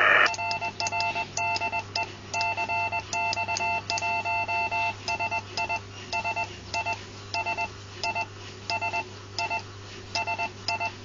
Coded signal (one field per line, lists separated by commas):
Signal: Morse code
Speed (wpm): 20 wpm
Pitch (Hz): 2700 Hz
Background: none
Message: RR DE CX1SI SI SI SI SI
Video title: (LZ 2 FH) 28 MHZ 10 WATT ANT 3 ELEMENTOS